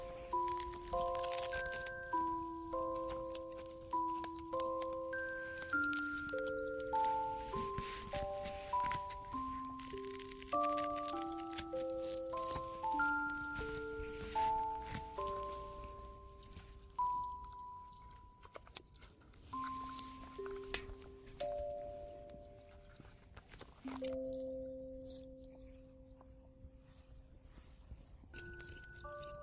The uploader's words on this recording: Santa's cozy workshop ASMR ambience. Christmas music/ music box. Relaxing music box.